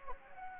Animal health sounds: mosquito wingbeat signal from an infrared sensor; Anopheles gambiae

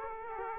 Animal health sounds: mosquito wingbeat signal from an infrared sensor; Aedes aegypti

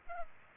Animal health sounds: mosquito wingbeat signal from an infrared sensor; Culex pipiens

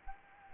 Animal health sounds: mosquito wingbeat signal from an infrared sensor; Anopheles gambiae

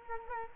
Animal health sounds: mosquito wingbeat signal from an infrared sensor; Culex quinquefasciatus

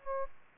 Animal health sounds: mosquito wingbeat signal from an infrared sensor; Aedes aegypti

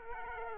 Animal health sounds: mosquito wingbeat signal from an infrared sensor; Culex quinquefasciatus

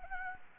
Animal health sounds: mosquito wingbeat signal from an infrared sensor; Anopheles gambiae

